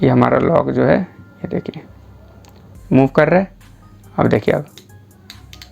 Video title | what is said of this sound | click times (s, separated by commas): How To Use Micrometer -- micrometer से कैसे माप ले -- Micrometer Kaise Dekhte Hain | आवाज़ आ रही है, | 5.3 s, 5.5 s, 5.6 s